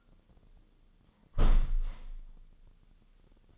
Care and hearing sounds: daily activity, microphone in the room; close window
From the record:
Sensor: 4

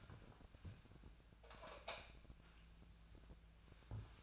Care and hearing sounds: daily activity, microphone in the room; light on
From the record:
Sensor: 2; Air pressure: 999.8 hPa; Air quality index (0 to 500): 116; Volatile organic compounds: 2 ppm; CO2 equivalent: 1000 ppm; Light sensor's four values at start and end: 35/88/38/43 and 39/105/44/49

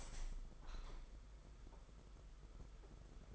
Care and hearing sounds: daily activity, microphone in the room; open window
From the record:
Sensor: 5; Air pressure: 991.4 hPa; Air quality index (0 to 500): 108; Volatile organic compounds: 24 ppm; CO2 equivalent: 2812 ppm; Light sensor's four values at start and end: 39/126/47/51 and 39/126/48/51

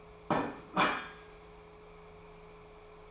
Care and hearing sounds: daily activity, microphone in the room; place plate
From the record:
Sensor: 1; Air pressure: 1015.1 hPa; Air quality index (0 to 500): 201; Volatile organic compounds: 25 ppm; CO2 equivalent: 2841 ppm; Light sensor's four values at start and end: 27/67/28/34 and 28/68/29/35

